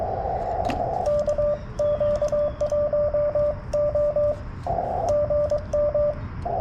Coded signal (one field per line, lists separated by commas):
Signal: Morse code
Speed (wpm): 22 wpm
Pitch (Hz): 590 Hz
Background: radio noise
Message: KQ1O GM